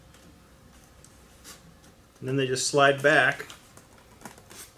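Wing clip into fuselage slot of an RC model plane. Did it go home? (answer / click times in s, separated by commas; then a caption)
no / none. Plastic keyed clips on the wing of an E-flite 1.5 m P-51 Mustang WWII fighter RC model plane are lined up with their slots in the fuselage, ready to slide back and lock. Light rubbing and soft ticks are heard while someone talks from about 2.2 to 3.4 seconds. Nothing has clicked or seated yet.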